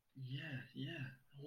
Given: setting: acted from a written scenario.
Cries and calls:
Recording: vocal sound without words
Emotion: realization

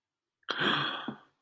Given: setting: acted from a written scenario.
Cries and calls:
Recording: vocal sound without words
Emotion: awe

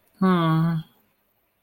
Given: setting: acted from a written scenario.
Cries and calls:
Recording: vocal sound without words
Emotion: disappointment

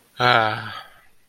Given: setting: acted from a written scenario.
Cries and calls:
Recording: vocal sound without words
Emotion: contentment

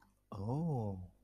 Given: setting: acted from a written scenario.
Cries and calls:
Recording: vocal sound without words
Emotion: realization

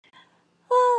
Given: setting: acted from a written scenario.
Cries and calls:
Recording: vocal sound without words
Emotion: serenity

